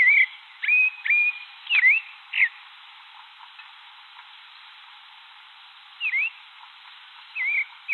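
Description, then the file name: Thrush giving a quick burst of whistled, slurred notes, then a long pause and a few scattered whistles near the end. "canto do sabia de cabeca cinza"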